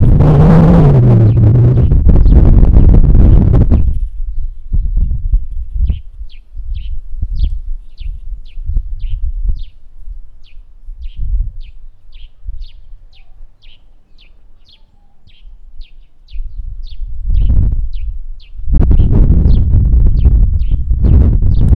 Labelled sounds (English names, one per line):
House Sparrow